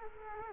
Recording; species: mosquito wingbeat signal from an infrared sensor; Culex quinquefasciatus